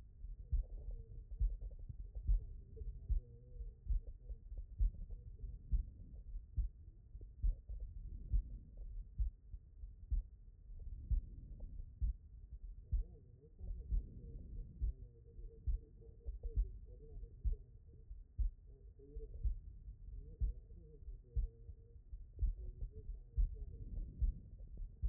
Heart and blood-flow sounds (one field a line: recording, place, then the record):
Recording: heart sounds by stethoscope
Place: pulmonary valve (PV)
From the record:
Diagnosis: non-HFrEF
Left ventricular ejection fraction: 62%